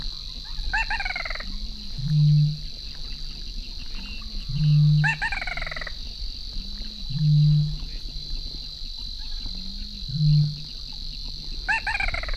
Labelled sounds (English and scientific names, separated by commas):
Little Crake (Porzana parva) call